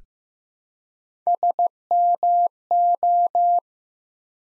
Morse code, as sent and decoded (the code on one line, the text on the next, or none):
... -- ---
SMO